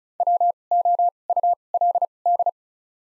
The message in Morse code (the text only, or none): W O U L D